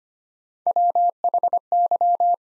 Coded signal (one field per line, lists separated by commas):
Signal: Morse code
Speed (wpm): 25 wpm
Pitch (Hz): 700 Hz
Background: none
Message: WHY